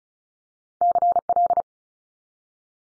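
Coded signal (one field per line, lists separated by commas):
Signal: Morse code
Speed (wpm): 36 wpm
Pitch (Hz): 700 Hz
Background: none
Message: CL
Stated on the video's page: Morse head-copy practice set of multi-letter phonemes at 35 wpm.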